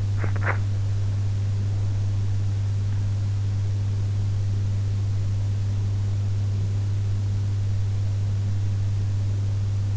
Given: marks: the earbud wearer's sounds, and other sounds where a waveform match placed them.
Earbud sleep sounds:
sounds in sleep by an in-ear microphone; teeth grinding
0.00-0.73 s: teeth grinding

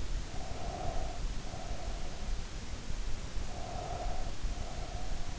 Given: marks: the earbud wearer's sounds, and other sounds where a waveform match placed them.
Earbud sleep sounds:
sounds in sleep by an in-ear microphone; breath
0.00-2.30 s: breath
3.26-5.27 s: breath

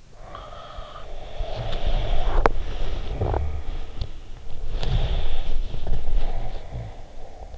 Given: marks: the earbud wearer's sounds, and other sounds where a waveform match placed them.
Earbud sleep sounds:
sounds in sleep by an in-ear microphone; snoring breath, body movement
0.24-4.37 s: snoring breath
0.53-7.14 s: body movement
4.76-7.58 s: snoring breath

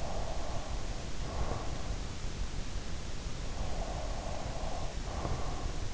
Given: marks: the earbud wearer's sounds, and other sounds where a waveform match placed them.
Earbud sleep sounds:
sounds in sleep by an in-ear microphone; breath
0.00-1.95 s: breath
3.51-5.90 s: breath

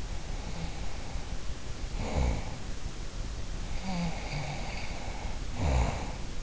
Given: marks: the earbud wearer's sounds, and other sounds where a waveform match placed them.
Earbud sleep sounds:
sounds in sleep by an in-ear microphone; breath, snoring breath
0.06-3.25 s: breath
3.59-6.43 s: snoring breath

